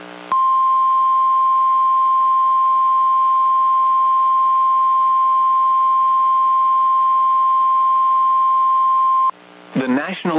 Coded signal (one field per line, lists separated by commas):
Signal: Emergency Alert System (SAME) tones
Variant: 1050 Hz attention tone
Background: speech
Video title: EAS 2204-2214 (3/16/23)